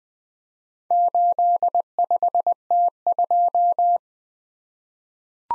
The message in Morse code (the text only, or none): 85T2